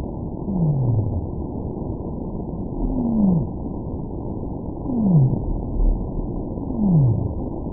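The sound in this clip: Whale calls: four low downward-sweeping moans, spaced roughly two seconds apart over steady low background noise.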